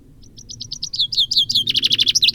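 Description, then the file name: Common chaffinch song fragment, a run of high descending chirps growing louder and quickening into a fast trill, cut off before the ending, with a low rumble beneath. "Fringilla coelebs"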